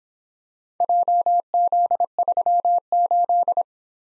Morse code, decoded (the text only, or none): JZ38